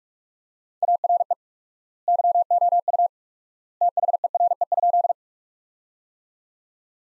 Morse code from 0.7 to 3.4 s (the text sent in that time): ARE YOU